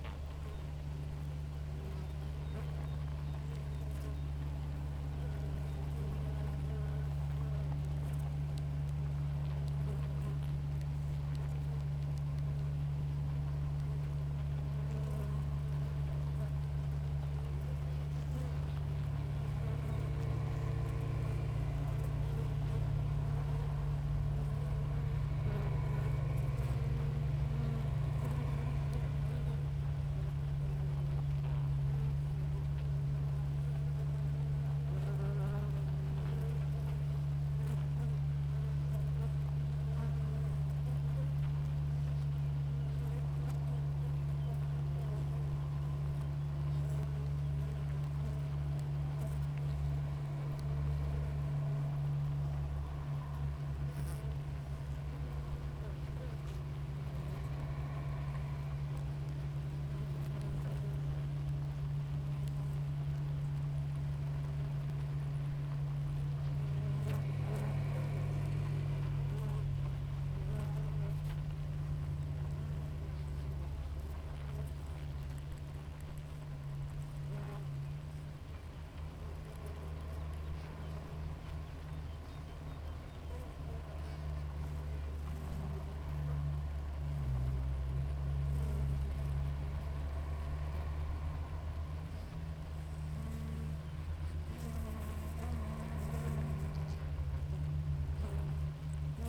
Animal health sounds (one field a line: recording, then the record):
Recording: honeybee colony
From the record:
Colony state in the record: active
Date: 28 July 2017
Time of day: 6:12